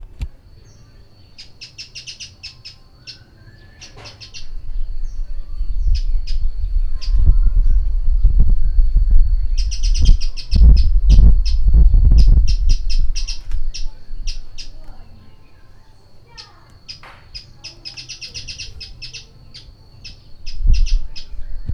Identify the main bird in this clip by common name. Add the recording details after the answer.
Speckled Mousebird. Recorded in Lake Mburo, Uganda